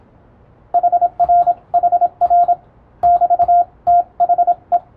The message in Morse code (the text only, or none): HRHR <BT> THE